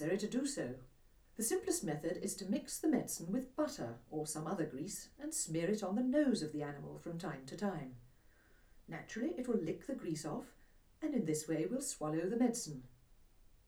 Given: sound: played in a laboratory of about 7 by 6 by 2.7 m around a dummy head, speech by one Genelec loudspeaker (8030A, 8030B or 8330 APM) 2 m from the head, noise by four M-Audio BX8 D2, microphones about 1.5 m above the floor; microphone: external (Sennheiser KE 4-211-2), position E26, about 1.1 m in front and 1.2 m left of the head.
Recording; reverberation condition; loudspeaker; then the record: female speech in English; low; 150 degrees to the left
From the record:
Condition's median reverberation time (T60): about 310 ms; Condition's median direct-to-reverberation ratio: about 3.5 dB